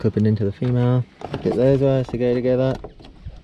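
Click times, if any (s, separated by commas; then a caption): none. Someone talks while the male plug of the original headlight harness is being lined up with the female socket of the plug-and-play driving light harness, with the alignment marks brought together. After the talking, one sharp little hit comes at about 3.0 s. The connector has not seated or clicked yet.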